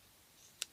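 A plastic part is pushed into a defective white, black and gray Plen 2 robot assembly kit. Over a quiet background, a single loud, sharp, broadband click sounds at 0.6 s as the part seats in place.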